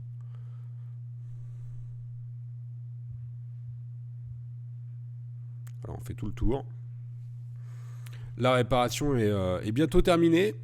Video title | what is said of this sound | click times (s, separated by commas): Tuto LG G2 : Changer la batterie démontage + remontage HD | le contour voà vous devez entendre les petits clics | 0.2 s, 0.4 s, 5.7 s, 5.9 s